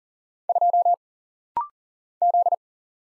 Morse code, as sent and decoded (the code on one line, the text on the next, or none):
..--- / --..
2 Z